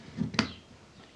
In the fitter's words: and snap into place wonderful